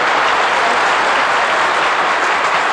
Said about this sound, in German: Auch Claude klatschte vor Begeisterung in die Hände.